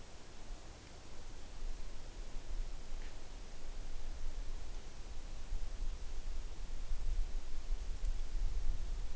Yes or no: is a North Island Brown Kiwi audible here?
no